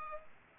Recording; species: mosquito wingbeat signal from an infrared sensor; Culex pipiens